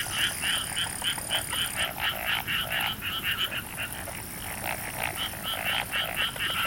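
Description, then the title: Frogs giving quick raspy croaks in overlapping series about four per second, with a high whine that stops after about two seconds. Frogs in a rice paddy at night, summer, Hokkaido, Japan. "Summer Japan, Hokkaido. Night Paddy's frogs. 夜の水田のカエル"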